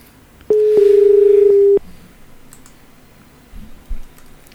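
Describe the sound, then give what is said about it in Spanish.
An outgoing telephone call sounds a single steady, mid-pitched ring tone for just over a second with a faint click at each end, then the line falls quiet with only low background noise and no answer. “Para mí ya perdió, si no atendió de una.”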